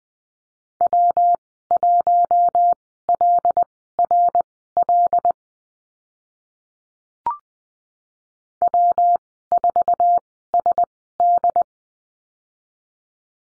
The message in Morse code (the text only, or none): W1LRL W4SD